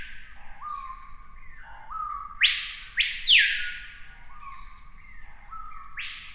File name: piha bird scream